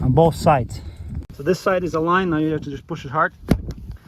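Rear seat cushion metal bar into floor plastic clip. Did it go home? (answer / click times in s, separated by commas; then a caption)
yes / 3.5 s. On a 2019–2022 Toyota RAV4, a rear seat cushion fitted with its leather cover is pushed down hard so its metal bar snaps into the plastic floor clip. Someone talks throughout, and a sharp click at 3.5 s marks the bar seating in the clip, followed by a few fainter ticks. The cushion is confirmed seated.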